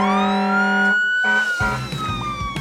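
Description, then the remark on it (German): The siren of Marshall's fire truck in Paw Patrol wails loudly and continuously to make a lot of noise, its pitch slowly rising and holding, with a low rumbling layer entering partway through. No one speaks. “Hey Marshall, jetzt werden wir mal richtig laut. Wozu hatte der schließlich ein Feuerwehrauto?”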